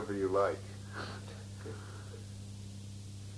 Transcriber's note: laughs